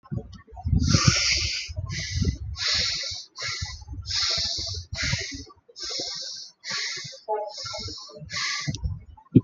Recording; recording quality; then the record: shallow breathing; excellent, no background noise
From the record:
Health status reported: exposed to COVID-19, no respiratory illness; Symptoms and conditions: fever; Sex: male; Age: 25 years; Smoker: not ticked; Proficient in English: yes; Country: India